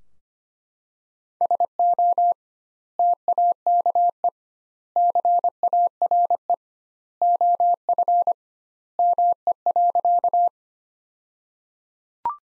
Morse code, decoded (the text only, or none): SO TAKE CARE OF ME.